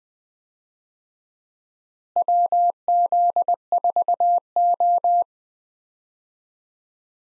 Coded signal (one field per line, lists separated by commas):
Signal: Morse code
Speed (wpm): 21 wpm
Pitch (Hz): 700 Hz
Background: none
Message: WZ4O